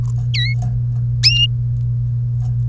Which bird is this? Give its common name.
Domestic Canary